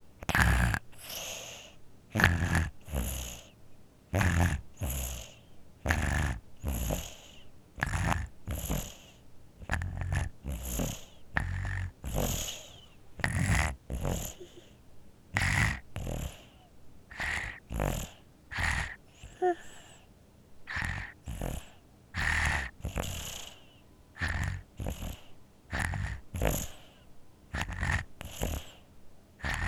Baby Infant Sleeps Snores With a Cold Congested.